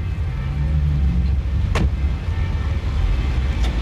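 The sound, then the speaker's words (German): Steady rumble of cars rolling along a city street at the old town hall as the traffic light shows green, a dense low-pitched drone with a brief sharp swish of a vehicle passing partway through. No voices. “Die Ampel am alten Rathaus unten zeigt grün für die Autos.”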